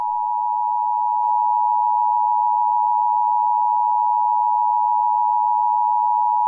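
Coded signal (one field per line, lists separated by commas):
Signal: Emergency Alert System (SAME) tones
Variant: 853 and 960 Hz attention tone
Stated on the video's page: Valid EAS tones in a fictional scenario.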